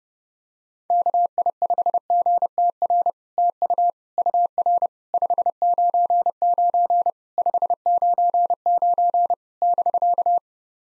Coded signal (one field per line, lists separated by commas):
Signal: Morse code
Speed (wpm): 30 wpm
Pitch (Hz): 700 Hz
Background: none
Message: KI5GTR TU UR 599 599 <BK>